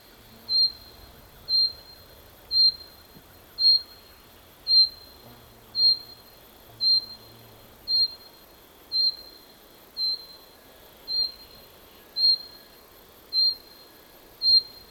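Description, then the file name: Common chaffinch repeating a single short, high call note about once a second with steady rhythm, fourteen notes in all, over a quiet background. "Fringilla coelebs"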